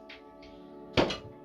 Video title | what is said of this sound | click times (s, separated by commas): Unboxing & Building the BRIO 36114 Mega Spiral Train Set | That sort of clicks in. That is quite a nice sound. | 1.0 s